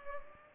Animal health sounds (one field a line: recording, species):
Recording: mosquito wingbeat signal from an infrared sensor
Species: Culex pipiens